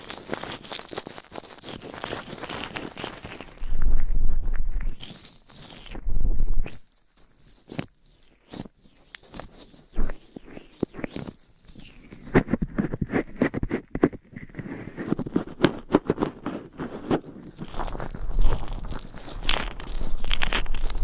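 Close-up triggers change every few seconds: fast, dense scratching opens, then a louder rubbing burst with a low thump. Sparse, sharp taps follow with quiet gaps, then softer rustling, and quick scratchy tapping returns near the end.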